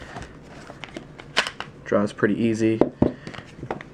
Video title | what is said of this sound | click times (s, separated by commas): Smith and Wesson M&P Shield 40 with Sneaky Pete holster | I use the six round for carrying just because it prints less snaps right in there draw | 1.4 s